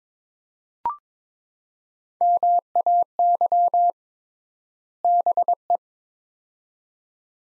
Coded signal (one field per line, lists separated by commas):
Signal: Morse code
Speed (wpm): 21 wpm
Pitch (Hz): 700 Hz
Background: none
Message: MAY BE